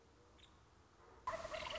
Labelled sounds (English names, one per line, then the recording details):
Nuttall's Woodpecker
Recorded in Sonoma County, California